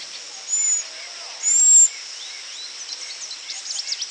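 Cedar waxwing calls, two very high thin hissing whistles, the second longer, with soft chirps from other birds behind.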